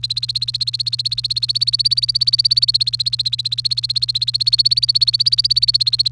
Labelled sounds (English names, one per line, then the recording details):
Domestic Canary song
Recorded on 28 April 2018 at 10:06
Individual llb3